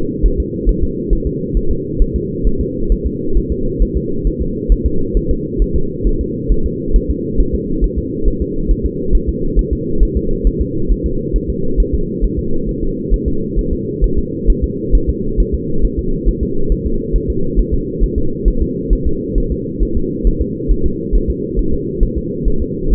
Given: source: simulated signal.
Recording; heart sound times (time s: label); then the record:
fetal heart sounds
0.26 s: S1
0.40 s: S2
0.69 s: S1
0.83 s: S2
1.13 s: S1
1.27 s: S2
1.57 s: S1
1.71 s: S2
2.02 s: S1
2.16 s: S2
2.47 s: S1
2.61 s: S2
2.92 s: S1
3.06 s: S2
3.37 s: S1
3.52 s: S2
3.82 s: S1
3.97 s: S2
4.27 s: S1
4.41 s: S2
4.72 s: S1
4.86 s: S2
5.17 s: S1
5.31 s: S2
5.62 s: S1
5.76 s: S2
6.07 s: S1
6.21 s: S2
6.52 s: S1
6.66 s: S2
6.96 s: S1
7.10 s: S2
7.40 s: S1
7.55 s: S2
7.84 s: S1
7.98 s: S2
8.28 s: S1
8.42 s: S2
8.71 s: S1
8.86 s: S2
9.15 s: S1
9.29 s: S2
9.59 s: S1
9.73 s: S2
10.03 s: S1
10.17 s: S2
10.47 s: S1
10.61 s: S2
10.92 s: S1
11.06 s: S2
11.36 s: S1
11.50 s: S2
11.80 s: S1
11.94 s: S2
12.24 s: S1
12.39 s: S2
12.69 s: S1
12.83 s: S2
13.14 s: S1
13.28 s: S2
13.59 s: S1
13.73 s: S2
14.04 s: S1
14.18 s: S2
14.50 s: S1
14.64 s: S2
14.95 s: S1
15.09 s: S2
15.40 s: S1
15.55 s: S2
15.85 s: S1
15.99 s: S2
16.29 s: S1
16.43 s: S2
16.72 s: S1
16.86 s: S2
17.16 s: S1
17.30 s: S2
17.59 s: S1
17.74 s: S2
18.04 s: S1
18.18 s: S2
18.48 s: S1
18.62 s: S2
18.93 s: S1
19.07 s: S2
19.38 s: S1
19.52 s: S2
19.83 s: S1
19.97 s: S2
20.27 s: S1
20.42 s: S2
20.71 s: S1
20.86 s: S2
21.15 s: S1
21.30 s: S2
21.59 s: S1
21.73 s: S2
22.03 s: S1
22.18 s: S2
22.48 s: S1
22.62 s: S2
22.93 s: S1
From the record:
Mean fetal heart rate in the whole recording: 135 bpm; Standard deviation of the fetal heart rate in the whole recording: 3 bpm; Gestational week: 36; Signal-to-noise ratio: -8.1 dB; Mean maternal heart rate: 72 bpm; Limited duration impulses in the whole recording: absent